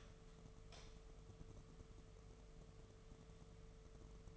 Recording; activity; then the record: daily activity, microphone in the room; light on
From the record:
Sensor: 4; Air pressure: 1015.4 hPa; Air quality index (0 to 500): 170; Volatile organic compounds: 7 ppm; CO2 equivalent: 1970 ppm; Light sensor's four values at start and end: 22/52/22/23 and 26/62/26/28